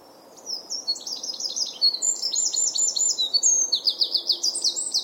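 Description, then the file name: Eurasian wren song: a loud, rapid outpouring of high, sharp notes and fast trills, running on without pause from half a second to the end, over faint low background noise. "Troglodytes troglodytes"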